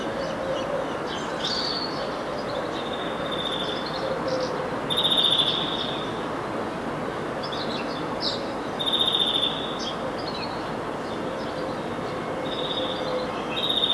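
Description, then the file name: European greenfinch giving a series of short, level tonal call notes, some longer and brighter, against constant loud background hiss. "Chloris chloris"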